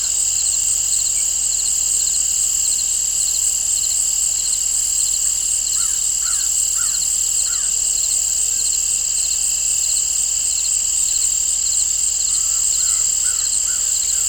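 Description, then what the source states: Crickets sustain a shrill pulsing chorus throughout, while a bird gives a few rapid whistled notes midway and again near the end. Crickets and birds in an open field, nature ambience.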